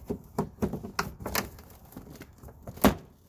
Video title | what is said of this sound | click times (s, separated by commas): Gio Titan main body panel replacement | Okay, so it clicks in place. | 1.0 s